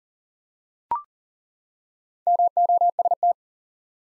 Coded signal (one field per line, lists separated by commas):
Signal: Morse code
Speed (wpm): 37 wpm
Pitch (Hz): 700 Hz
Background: none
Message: MOST